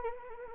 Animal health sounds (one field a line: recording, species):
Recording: mosquito wingbeat signal from an infrared sensor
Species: Anopheles arabiensis